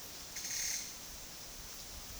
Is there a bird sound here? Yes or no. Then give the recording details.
no. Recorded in secondary vegetation near Puerto Asís, Putumayo, Colombia, on 20 February 2024 at 12:00. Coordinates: 0.468, -76.324. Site G6381